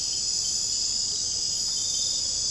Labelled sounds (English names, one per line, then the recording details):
none
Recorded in secondary vegetation near Puerto Asís, Putumayo, Colombia, on 13 March 2025 at 00:30
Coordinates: 0.502, -76.326
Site G100